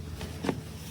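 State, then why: Seated. A heavy CCS charging plug from a public charger is pushed into the charging socket of a Mercedes-Benz eActros 600 electric truck. A soft knock at 0.2 s is followed by a sharp click at 0.5 s as the plug locks in place, and the green indicator lights up.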